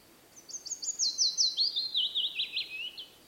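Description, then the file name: Willow warbler phrase: a string of clear, soft whistles that tumbles down the scale and ends in slightly lower, gentler notes. "piecuszek Phylloscopus trochilus"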